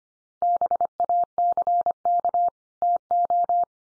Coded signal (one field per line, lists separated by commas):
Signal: Morse code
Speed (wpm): 25 wpm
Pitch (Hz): 700 Hz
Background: none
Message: BACK TO